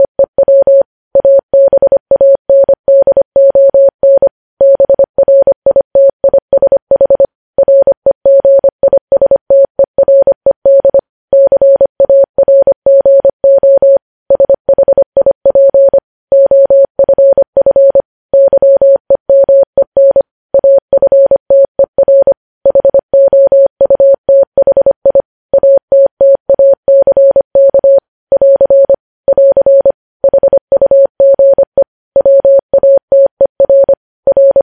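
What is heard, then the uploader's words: Morse code is keyed as a single steady tone, a clean mid-pitched beep broken into short dots and longer dashes with brief silent gaps between them. The sending runs at a quick, even pace for the whole stretch, dry, with nothing else heard behind it. Morse code transcription.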